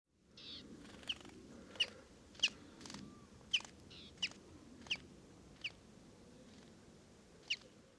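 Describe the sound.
Common chaffinch giving eight short, sharp call notes, most in quick succession, then a pause before a last one, against a steady rushing background.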